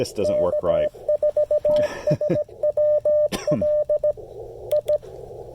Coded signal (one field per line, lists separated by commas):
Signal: Morse code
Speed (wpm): 17 wpm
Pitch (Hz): 600 Hz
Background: speech, radio noise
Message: K4SWL I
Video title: Reviewing the MFJ-1984LP EFHF with the Icom IC-705 during a Parks On The Air (POTA) activation